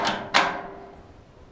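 A grease tray is lifted to free its retaining tab and pulled out of a Royal Gourmet tabletop portable griddle body. A softer knock near the start is followed by a sharp click at 0.4 s as the tray comes free, then a fading ring. The tray is released.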